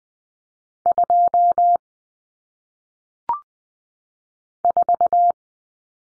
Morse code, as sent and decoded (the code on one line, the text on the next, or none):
..--- / ....-
2 4